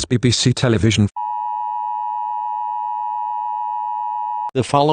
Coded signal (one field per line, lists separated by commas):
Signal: Emergency Alert System (SAME) tones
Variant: 853 and 960 Hz attention tone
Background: speech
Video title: EAS Scenario #15: Pennywise Apocalypse.